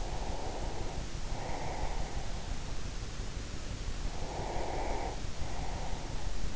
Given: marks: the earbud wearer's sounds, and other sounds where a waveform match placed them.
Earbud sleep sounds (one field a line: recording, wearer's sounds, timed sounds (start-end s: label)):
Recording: sounds in sleep by an in-ear microphone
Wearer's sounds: breath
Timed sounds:
0.19-2.33 s: breath
4.01-6.56 s: breath